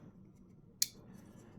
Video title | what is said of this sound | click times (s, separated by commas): Automatics and OTFs | And you hear that clicking? | 0.8 s